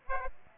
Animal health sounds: mosquito wingbeat signal from an infrared sensor; Aedes aegypti

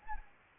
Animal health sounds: mosquito wingbeat signal from an infrared sensor; Anopheles gambiae

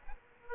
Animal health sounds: mosquito wingbeat signal from an infrared sensor; Aedes aegypti

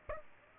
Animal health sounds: mosquito wingbeat signal from an infrared sensor; Aedes aegypti

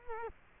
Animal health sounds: mosquito wingbeat signal from an infrared sensor; Culex quinquefasciatus

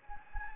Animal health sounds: mosquito wingbeat signal from an infrared sensor; Anopheles gambiae

